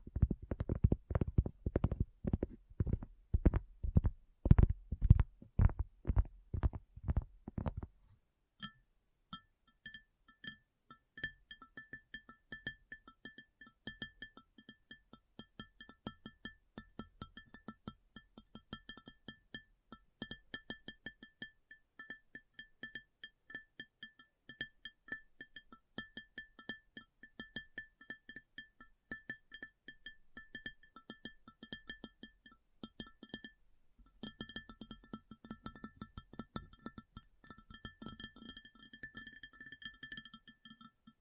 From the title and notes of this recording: ASMR Addictive Tapping. (No Talking).